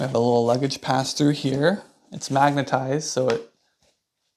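Someone talks while handling the magnetized luggage pass-through flap on the back of a fabric Peak Design Everyday Backpack Zip, with speech filling most of the clip and a faint, brief sound near 3.8 s after the talking stops. The magnetic flap has not clicked shut yet; nothing has seated.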